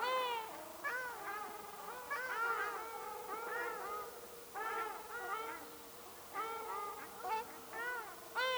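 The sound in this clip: Ruddy shelduck flock calling with loud, nasal, trumpet-like honks in bursts, many calls overlapping with brief pauses between.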